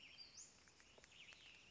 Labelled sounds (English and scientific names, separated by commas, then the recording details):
Western Flycatcher (Empidonax difficilis)
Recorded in Sonoma County, California